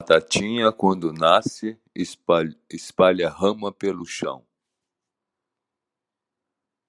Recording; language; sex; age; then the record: short text; Brazilian Portuguese; male; 60 to 69 years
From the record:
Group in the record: control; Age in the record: 60 years